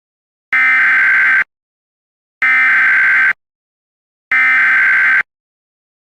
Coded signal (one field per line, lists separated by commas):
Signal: Emergency Alert System (SAME) tones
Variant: header bursts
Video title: EAS: Countryballs Redux - Part 1